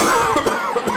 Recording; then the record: coughing mixed with background sound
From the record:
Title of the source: Mid-morning Winter Coughing Fit